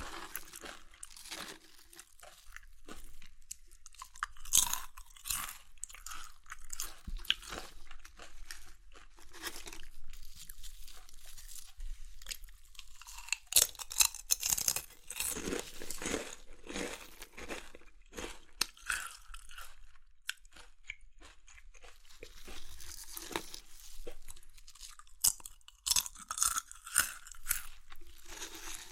Chips Crunchy Crushing & Eating Sounds